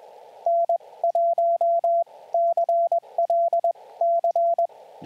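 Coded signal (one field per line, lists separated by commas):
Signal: Morse code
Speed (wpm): 21 wpm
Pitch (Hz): 680 Hz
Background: radio noise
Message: N1CLC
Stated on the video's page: Morse callsign practice for SOTA chasers, sent on J.M. March S-3A magnetic paddles, each callsign followed by a phonetic announcement.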